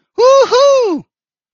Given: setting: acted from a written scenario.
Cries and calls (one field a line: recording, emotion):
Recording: vocal sound without words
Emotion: triumph